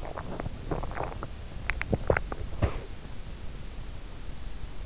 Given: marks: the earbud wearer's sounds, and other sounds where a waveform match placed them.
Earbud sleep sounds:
sounds in sleep by an in-ear microphone; teeth grinding, breath
0.00-3.16 s: teeth grinding
2.58-3.16 s: breath

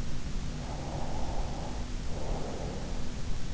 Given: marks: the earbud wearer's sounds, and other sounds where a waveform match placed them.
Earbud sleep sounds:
sounds in sleep by an in-ear microphone; breath
0.69-3.05 s: breath

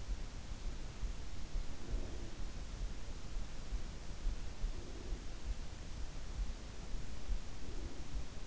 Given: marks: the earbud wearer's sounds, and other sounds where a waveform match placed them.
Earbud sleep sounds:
sounds in sleep by an in-ear microphone; breath
1.43-2.76 s: breath
4.50-5.49 s: breath
7.35-8.46 s: breath

